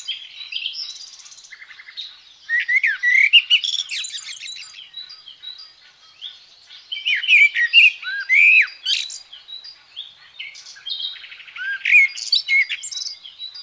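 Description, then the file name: Common blackbird song: mellow warbled phrases broken by thin, high chattering flourishes, delivered in several separate bursts with quieter gaps. "Merel"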